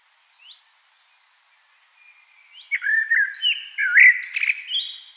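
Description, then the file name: Common blackbird phrase: a faint note first, then a flowing, fluty warble that ends in a high, scratchy twitter. "Turdus merula"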